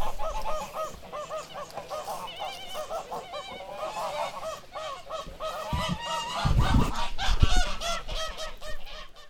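Goose: flock of geese honking continuously, rapid nasal calls layered together, with a few thumping low sounds in the second half.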